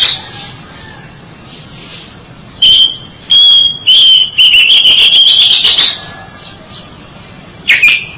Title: Suara Kicauan Burung Kacer Durasi Panjang